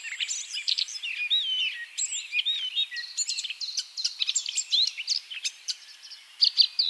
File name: Sylvia atricapilla